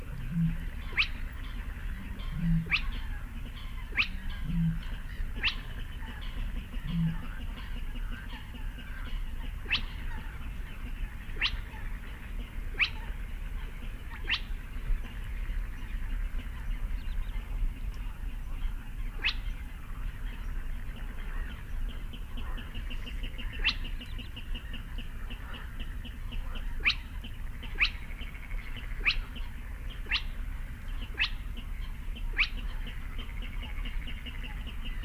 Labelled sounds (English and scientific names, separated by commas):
Spotted Crake (Porzana porzana)